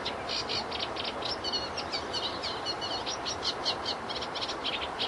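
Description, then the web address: Reed warbler song, a steady run of harsh, chattering notes repeated rapidly over a constant background hiss. Recorded at Zakole Wawerskie, Poland. "zakole-wawerskie nagrania trzcinniczek"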